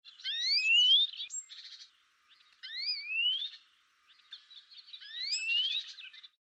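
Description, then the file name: European greenfinch calls: a few clear rising whistled slurs, each followed by a brief buzzy, twittering burst, in three bouts over about six seconds. "Chloris chloris"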